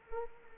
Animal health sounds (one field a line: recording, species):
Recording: mosquito wingbeat signal from an infrared sensor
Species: Anopheles arabiensis